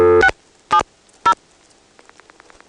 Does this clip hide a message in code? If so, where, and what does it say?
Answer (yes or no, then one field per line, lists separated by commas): yes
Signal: DTMF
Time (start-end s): 0.2-1.3 s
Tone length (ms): 80 ms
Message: 670